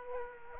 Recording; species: mosquito wingbeat signal from an infrared sensor; Aedes aegypti